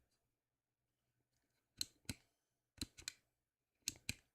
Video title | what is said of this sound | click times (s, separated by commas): Top Recommends and Deals with DragonBloggers | you're not using the actual bit holder you can just push this back in it'll it'll do a really really really satisfying click | 1.8 s, 2.1 s, 2.8 s, 3.1 s, 3.9 s, 4.1 s